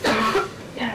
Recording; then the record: coughing mixed with background sound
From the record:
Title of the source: Barking cough - # 10